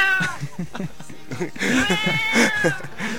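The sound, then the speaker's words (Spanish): A cat passing by during a live evening broadcast of the program Salteame meows several times in a row, drawn-out, high-pitched and fairly loud, with muffled voices murmuring underneath. “Pasó un gato por ahí, no sé si te diste cuenta”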